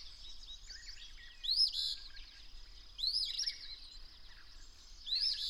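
Bird song: three bright, rising whistled phrases, each ending in a brief trill, separated by pauses, over a steady high-pitched whine and faint low rumble.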